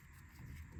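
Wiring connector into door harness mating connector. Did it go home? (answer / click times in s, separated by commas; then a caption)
no / none. A plastic electrical wiring connector for the power door lock actuator on a 1999–2007 Ford Super Duty/Excursion is being handled and pushed toward its mating door harness connector inside the door during actuator replacement. Only low, steady handling rumble and faint rustling are heard, with no sharp transients. The connector has not seated or clicked yet.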